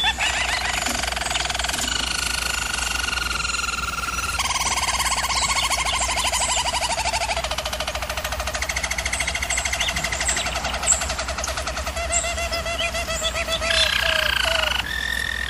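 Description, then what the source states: German Roller canary singing a long unbroken roll, moving through several pulsing tours at different pitches, some fast bubbling sections, steady hum in the background. Singing used for canary training.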